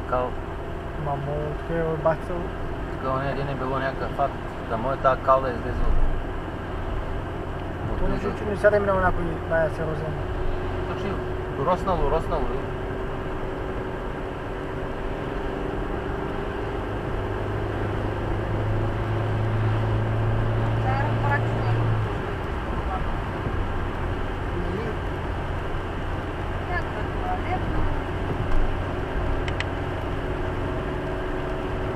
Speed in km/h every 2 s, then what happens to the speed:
64, 66, 67, 68, 69, 70, 72, 75, 77, 83, 86, 84, 83, 84, 86, 86.
0-19 speeds up to 86. 19-25 steady at about 84.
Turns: none.